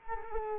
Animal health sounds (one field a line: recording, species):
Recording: mosquito wingbeat signal from an infrared sensor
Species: Culex quinquefasciatus